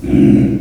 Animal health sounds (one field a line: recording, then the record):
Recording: squeal of a Yucatan mini pig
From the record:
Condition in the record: after surgery on the right vocal fold (resection and tissue-engineered implant)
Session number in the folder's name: 1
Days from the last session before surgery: 13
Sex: female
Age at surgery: 19 weeks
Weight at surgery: 25 kg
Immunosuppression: prednisolone